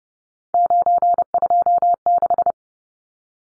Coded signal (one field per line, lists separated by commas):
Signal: Morse code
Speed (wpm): 30 wpm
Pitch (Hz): 700 Hz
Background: none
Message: 926